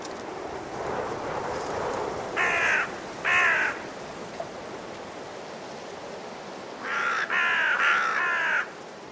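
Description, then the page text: Carrion crow giving two separate hoarse caws, then a quick run of three grating calls, against loud gusting wind that fills the gaps. Five in trees before roosting; blustery force 6 wind; winter; Woodchester Park, Gloucestershire. "A group of five Carrion Crows in the trees, before roosting, during a blustery force 6 wind. Recorded in winter at Woodchester Park, Gloucestershire by Richard Margoschis. British Library"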